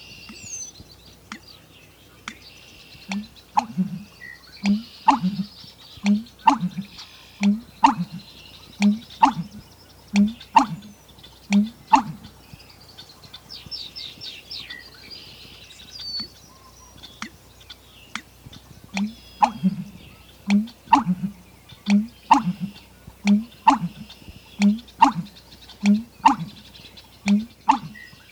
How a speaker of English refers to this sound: Now we hear the low liquid notes of the American bittern, preceded by a tapping sound made by clapping its bill.